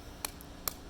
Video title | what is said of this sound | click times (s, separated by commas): How to Replace Lenses on a Maui Diving/Snorkeling Mask by Deep Blue Gear | Hear an audible pop for each one that's popped into place. | 0.2 s, 0.7 s